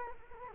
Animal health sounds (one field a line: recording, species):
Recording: mosquito wingbeat signal from an infrared sensor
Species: Culex quinquefasciatus